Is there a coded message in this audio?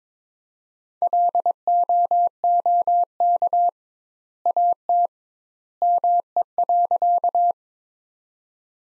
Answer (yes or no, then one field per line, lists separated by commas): yes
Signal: Morse code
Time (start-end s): 1.0-7.5 s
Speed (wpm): 22 wpm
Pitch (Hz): 700 Hz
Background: none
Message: LOOK AT ME.